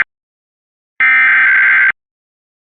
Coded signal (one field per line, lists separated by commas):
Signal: Emergency Alert System (SAME) tones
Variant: header bursts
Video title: Georgia Statewide EAS Test (EAS #1-7)